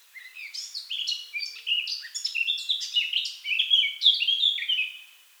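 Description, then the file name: Eurasian blackcap giving a lively, continuous warble of quick, varied high notes for about five seconds, fading at the end. "Sylvia atricapilla"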